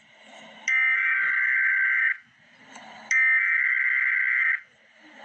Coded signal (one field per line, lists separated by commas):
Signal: Emergency Alert System (SAME) tones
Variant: header bursts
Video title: Emergency Alert System - Extreme Cold Watch - Jan 17, 2025 at 2:09 PM EST